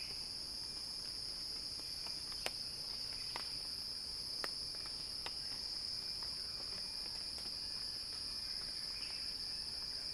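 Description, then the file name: Cicada song, a continuous high buzz, broken by several sharp clicks and a few faint chirps. Cicada song building in a crescendo. "earth-fm Axel-Drioli Cicada-Crescendo-Sounding-Wild"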